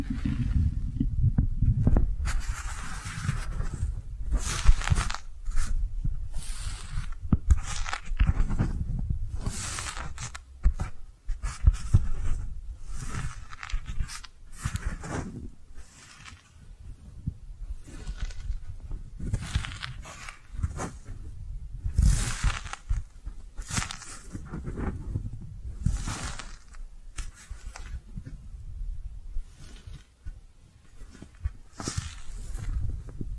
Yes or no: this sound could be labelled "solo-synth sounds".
no